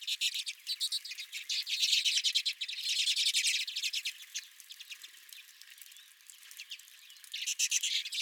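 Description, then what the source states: Redpoll chatter, loud dense bursts of fast twittering notes, easing to sparser calls before another burst at the end. Several redpolls at the recordist's feeder.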